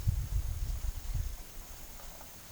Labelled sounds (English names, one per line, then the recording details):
none
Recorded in pastures near Puerto Asís, Putumayo, Colombia, on 29 June 2025 at 11:30
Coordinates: 0.472, -76.331
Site G095